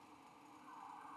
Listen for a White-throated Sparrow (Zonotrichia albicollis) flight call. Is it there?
no